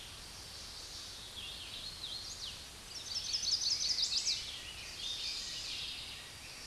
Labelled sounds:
Chestnut-sided Warbler song
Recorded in a Pennsylvania forest on 16 May 2024 at 08:38
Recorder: AudioMoth, point MSD-1338
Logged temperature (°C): 12.6 °C
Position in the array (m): 87 m, 61 m

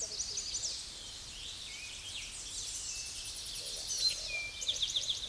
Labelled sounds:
Eastern Towhee song
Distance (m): 5 m
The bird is about level with the microphone
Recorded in a Pennsylvania forest on 16 May 2024 at 07:44
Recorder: AudioMoth, point MSD-1401
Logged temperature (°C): 16.4 °C
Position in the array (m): 71 m, 168 m

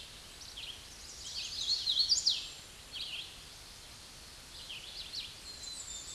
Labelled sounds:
Hooded Warbler song
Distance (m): 15 m
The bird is about 15 m above the microphone
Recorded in a Pennsylvania forest on 16 May 2024 at 08:11
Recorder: AudioMoth, point MSD-0814
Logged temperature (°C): 15.8 °C
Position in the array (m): 163 m, 103 m

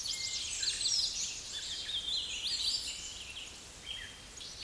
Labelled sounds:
Hooded Warbler song
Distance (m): 30 m
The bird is about 5 m above the microphone
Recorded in a Pennsylvania forest on 16 May 2024 at 07:26
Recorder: AudioMoth, point MSD-1411
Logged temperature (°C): 16.1 °C
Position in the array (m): 30 m, 146 m

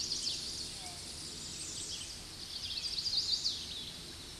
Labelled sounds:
Chestnut-sided Warbler song
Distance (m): 20 m
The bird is about 10 m above the microphone
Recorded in a Pennsylvania forest on 16 May 2024 at 08:15
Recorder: AudioMoth, point MSD-2377
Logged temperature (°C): 16.1 °C
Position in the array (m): 104 m, 202 m

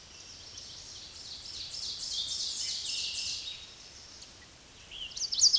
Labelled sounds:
Ovenbird song
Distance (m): 25 m
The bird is about level with the microphone
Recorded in a Pennsylvania forest on 16 May 2024 at 06:35
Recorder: AudioMoth, point MSD-2166
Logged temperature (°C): 16.3 °C
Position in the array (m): 135 m, 5 m

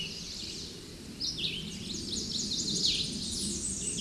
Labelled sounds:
Red-eyed Vireo song
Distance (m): 20 m
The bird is about 10 m above the microphone
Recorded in a Pennsylvania forest on 16 May 2024 at 08:58
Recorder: AudioMoth, point MSD-2273
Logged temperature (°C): 16.0 °C
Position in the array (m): 58 m, 206 m

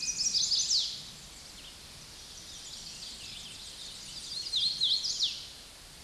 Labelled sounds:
Hooded Warbler song
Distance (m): 20 m
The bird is about 5 m above the microphone
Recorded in a Pennsylvania forest on 16 May 2024 at 09:52
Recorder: AudioMoth, point MSD-1990
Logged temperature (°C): 15.3 °C
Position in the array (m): 147 m, 133 m

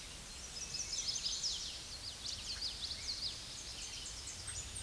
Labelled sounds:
Common Yellowthroat song
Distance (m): 25 m
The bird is about level with the microphone
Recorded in a Pennsylvania forest on 16 May 2024 at 06:54
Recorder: AudioMoth, point MSD-0438
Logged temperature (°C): 14.5 °C
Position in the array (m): 85 m, 84 m

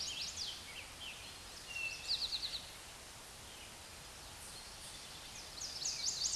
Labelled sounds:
Eastern Towhee song
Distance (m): 5 m
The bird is about level with the microphone
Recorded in a Pennsylvania forest on 16 May 2024 at 09:39
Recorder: AudioMoth, point MSD-2142
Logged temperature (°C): 16.7 °C
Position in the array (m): 3 m, 44 m

